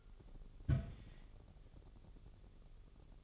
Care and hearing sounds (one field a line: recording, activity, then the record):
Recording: daily activity, microphone in the room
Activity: place on stove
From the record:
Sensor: 4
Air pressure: 989.1 hPa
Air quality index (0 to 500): 210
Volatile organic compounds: 58 ppm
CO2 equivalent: 3394 ppm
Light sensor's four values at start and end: 29/98/36/38 and 29/99/37/38